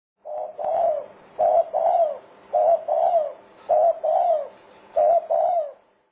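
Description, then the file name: Dove cooing, a soft low phrase of paired coos, a short note followed by a longer falling one, repeated about every 1.2 seconds. "นกเขา"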